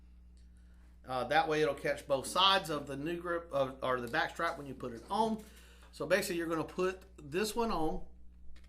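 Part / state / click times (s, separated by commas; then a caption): backstrap on pistol grip frame / not seated / none. A polymer backstrap is being readied to press onto the polymer grip frame of a Glock 19X Compact Crossover 9mm Luger pistol with a 4.02" Glock Marksman barrel, with a longer pin meant to catch both sides of the backstrap. Someone talks throughout, and only faint ticks come near 8.6 s at the end. Nothing has seated or clicked yet.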